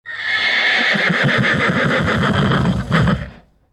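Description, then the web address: Horse whinny, a loud quavering neigh of rapid pulses lasting about three seconds, ending with a short burst then fading out. "voidvenus audio horse"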